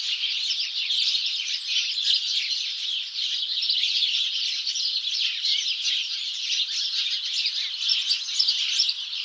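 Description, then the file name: House sparrows calling together, a constant mass of quick chirps and cheeps that stays even in loudness throughout. "Passer domesticus"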